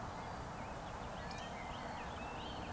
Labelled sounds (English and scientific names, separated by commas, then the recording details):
Eurasian Woodcock (Scolopax rusticola) whistle
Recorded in Baden-Württemberg, Germany, on 3 June 2021 at 19:16 UTC
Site 45499, 200 m above sea level